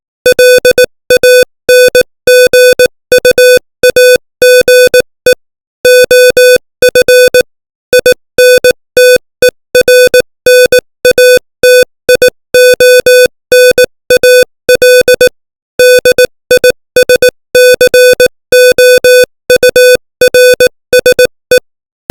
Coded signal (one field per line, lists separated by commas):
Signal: Morse code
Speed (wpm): 18 wpm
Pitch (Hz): 500 Hz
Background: music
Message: LANGUAGE OF INTERNATIONAL DISCOURSE